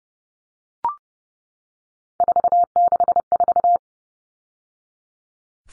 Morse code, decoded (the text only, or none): 464